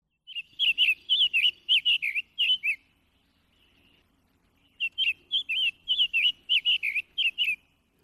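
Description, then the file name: Summer Tanager giving rapid staccato chuckling calls, sharp clipped notes run together in two bursts separated by a pause. "Birdnotes Summer Tanager"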